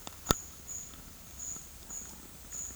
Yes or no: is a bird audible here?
no